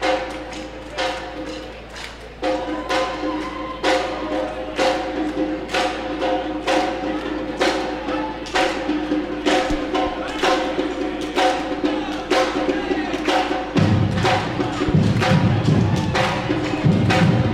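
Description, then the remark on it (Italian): A crowd claps in steady unison, roughly two sharp claps per second, over a sustained droning musical backing, with heavier low thumps joining in toward the end. “È iniziato il classico accompagnamento di applausi da parte del pubblico, incitati da super partecipazione.”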